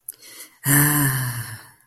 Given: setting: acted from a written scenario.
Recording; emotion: vocal sound without words; ecstasy